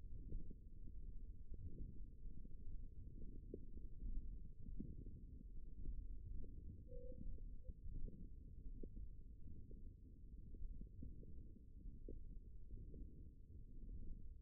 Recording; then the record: forearm muscle sounds (acoustic myography)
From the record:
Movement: wrist flexion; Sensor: system 1, eight BSWA MPA416 microphones around the upper forearm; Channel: 4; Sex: male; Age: 23 years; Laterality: right